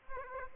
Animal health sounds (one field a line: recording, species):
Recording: mosquito wingbeat signal from an infrared sensor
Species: Aedes aegypti